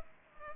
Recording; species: mosquito wingbeat signal from an infrared sensor; Culex pipiens